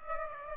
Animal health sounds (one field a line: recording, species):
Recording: mosquito wingbeat signal from an infrared sensor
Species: Aedes aegypti